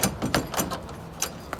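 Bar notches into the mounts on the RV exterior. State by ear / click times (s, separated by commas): seated / 0.3 s, 1.2 s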